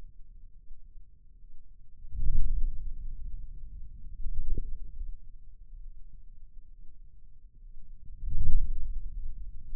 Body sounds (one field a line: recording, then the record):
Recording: forearm muscle sounds (acoustic myography)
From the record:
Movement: wrist flexion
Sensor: system 2, bracelet of six BSWA MPA416 microphones around the upper forearm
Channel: 6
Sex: male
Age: 22 years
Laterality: right